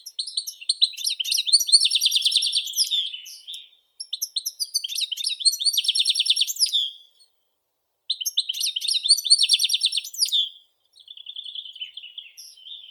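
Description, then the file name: European goldfinch song: three extended bursts of fast liquid twittering with buzzy trills, brief pauses between them, and a softer twitter at the close. "Golosa ptic - CSHegol Carduelis carduelis"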